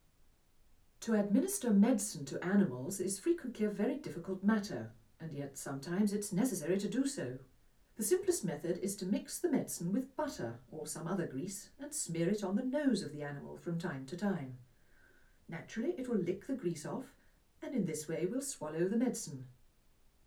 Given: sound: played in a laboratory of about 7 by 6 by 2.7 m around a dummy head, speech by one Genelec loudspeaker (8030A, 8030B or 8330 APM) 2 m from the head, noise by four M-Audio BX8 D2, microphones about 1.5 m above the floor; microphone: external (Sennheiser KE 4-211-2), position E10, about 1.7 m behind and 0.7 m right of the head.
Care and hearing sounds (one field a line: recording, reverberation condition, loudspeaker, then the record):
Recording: female speech in English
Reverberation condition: low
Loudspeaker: 60 degrees to the left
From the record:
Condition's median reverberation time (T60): about 310 ms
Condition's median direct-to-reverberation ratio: about 3.5 dB